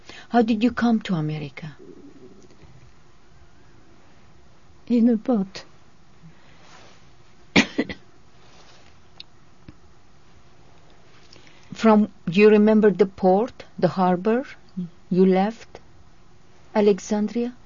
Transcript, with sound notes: How did you come to America?
In a boat. (she coughs)
From, do you remember the port, the harbor you left Alexandria?